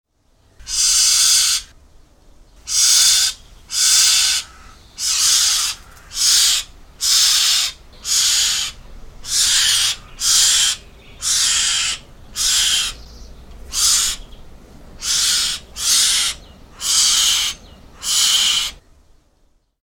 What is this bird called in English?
Fawn-breasted Bowerbird